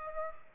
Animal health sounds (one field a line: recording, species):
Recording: mosquito wingbeat signal from an infrared sensor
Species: Aedes aegypti